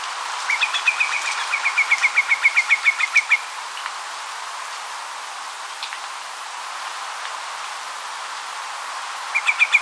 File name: canto do macarico de bico torto